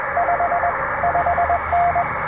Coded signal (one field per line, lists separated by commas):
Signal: Morse code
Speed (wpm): 20 wpm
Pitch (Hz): 690 Hz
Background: radio noise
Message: 5 5N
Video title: Two Watts, Big Fun! POTA with the AX2 & KE8PTX’s 3D-Printed Mini Clamp